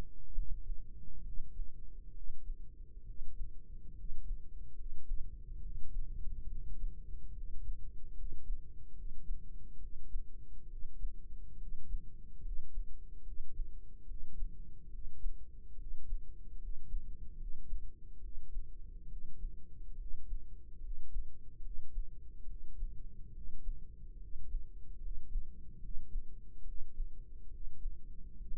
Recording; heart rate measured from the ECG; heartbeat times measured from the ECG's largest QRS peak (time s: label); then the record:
heart sounds by microphone in the right ear; 71 bpm
0.32 s: heartbeat
1.21 s: heartbeat
2.12 s: heartbeat
3.03 s: heartbeat
3.93 s: heartbeat
4.73 s: heartbeat
5.59 s: heartbeat
6.46 s: heartbeat
7.31 s: heartbeat
8.13 s: heartbeat
8.93 s: heartbeat
9.78 s: heartbeat
10.67 s: heartbeat
11.56 s: heartbeat
12.40 s: heartbeat
13.22 s: heartbeat
14.04 s: heartbeat
14.88 s: heartbeat
15.75 s: heartbeat
16.57 s: heartbeat
17.35 s: heartbeat
18.19 s: heartbeat
19.07 s: heartbeat
19.95 s: heartbeat
20.79 s: heartbeat
21.60 s: heartbeat
22.45 s: heartbeat
23.31 s: heartbeat
24.17 s: heartbeat
24.98 s: heartbeat
25.78 s: heartbeat
26.62 s: heartbeat
27.48 s: heartbeat
28.35 s: heartbeat
From the record:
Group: healthy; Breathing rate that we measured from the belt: 14 breaths a minute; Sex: male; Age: 20 years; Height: 167 cm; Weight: 61 kg